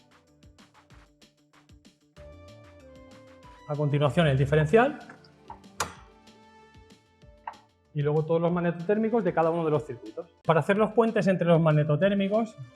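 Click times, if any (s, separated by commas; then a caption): 5.8 s. A residual-current device is pressed onto a DIN rail next to the main breaker in a low-voltage electrical panel, seating with a sharp snap at 5.8 s. Before and after the snap, someone talks over background music, with a few faint clicks early in the clip.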